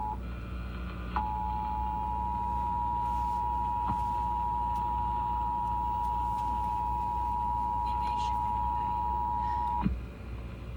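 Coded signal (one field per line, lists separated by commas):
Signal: Emergency Alert System (SAME) tones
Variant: 853 and 960 Hz attention tone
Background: speech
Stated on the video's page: Real Virginia AMBER Alert EAS child abduction emergency, received on car radio in North Carolina.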